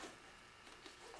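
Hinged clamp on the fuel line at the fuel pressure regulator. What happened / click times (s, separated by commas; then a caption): The hinged clamp clicked shut / 0.9 s. A hinged clamp on the fuel line at the fuel pressure regulator of a BMW K75 is hooked on and closed by hand. A faint click sounds at 0.9 s over a steady broadband background hiss. The clamp has clicked shut and is seated.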